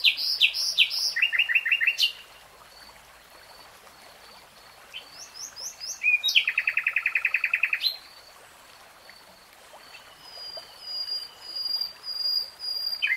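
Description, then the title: Nightingale song in separate varied phrases with pauses: quick chattering notes, then a long rapid trill of thick repeated notes; faint high whistles linger behind. Real-time recording, three hours long. "[Tiếng chim hót] Nightingale Singing"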